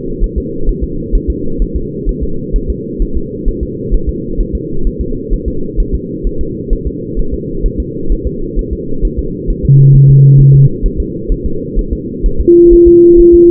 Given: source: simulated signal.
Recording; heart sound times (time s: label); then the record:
fetal heart sounds
0.24 s: S1
0.38 s: S2
0.69 s: S1
0.84 s: S2
1.15 s: S1
1.30 s: S2
1.62 s: S1
1.76 s: S2
2.09 s: S1
2.23 s: S2
2.56 s: S1
2.70 s: S2
3.02 s: S1
3.17 s: S2
3.48 s: S1
3.63 s: S2
3.94 s: S1
4.09 s: S2
4.41 s: S1
4.55 s: S2
4.87 s: S1
5.01 s: S2
5.33 s: S1
5.48 s: S2
5.80 s: S1
5.95 s: S2
6.27 s: S1
6.41 s: S2
6.73 s: S1
6.87 s: S2
7.19 s: S1
7.34 s: S2
7.66 s: S1
7.80 s: S2
8.12 s: S1
8.27 s: S2
8.59 s: S1
8.73 s: S2
9.05 s: S1
9.19 s: S2
9.50 s: S1
9.65 s: S2
9.95 s: S1
10.10 s: S2
10.40 s: S1
10.55 s: S2
10.86 s: S1
11.00 s: S2
11.32 s: S1
11.46 s: S2
11.79 s: S1
11.93 s: S2
12.26 s: S1
12.41 s: S2
12.73 s: S1
12.88 s: S2
13.20 s: S1
13.34 s: S2
From the record:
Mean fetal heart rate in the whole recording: 130 bpm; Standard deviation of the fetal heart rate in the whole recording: 4 bpm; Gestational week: 38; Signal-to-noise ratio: -8.1 dB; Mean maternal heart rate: 72 bpm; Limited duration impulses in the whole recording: present